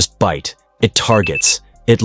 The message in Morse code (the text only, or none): none